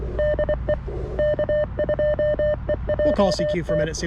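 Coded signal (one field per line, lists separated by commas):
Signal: Morse code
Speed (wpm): 24 wpm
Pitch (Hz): 600 Hz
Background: speech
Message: DE K2EJT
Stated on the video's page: CW Parks On The Air activation on CFT-1 QRP CW radio, WRC antenna, Begali Expedition key; slow activation under poor solar conditions.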